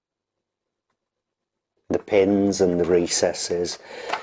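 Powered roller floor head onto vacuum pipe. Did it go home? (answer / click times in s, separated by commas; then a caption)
no / none. The powered roller floor head of a Hoover HF1HP10H stick vacuum cleaner has its pins lined up with the recesses on the vacuum pipe before being pushed home. After nearly two seconds of silence, someone talks from about 1.9 s to the end. Nothing has seated or clicked yet.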